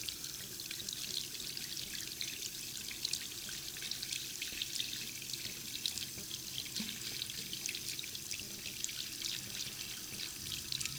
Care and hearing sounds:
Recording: daily activity, guitar pickup as the sensor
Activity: wash hands

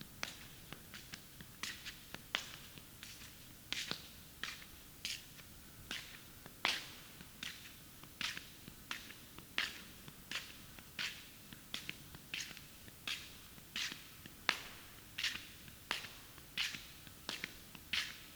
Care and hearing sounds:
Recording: daily activity, guitar pickup as the sensor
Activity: walk

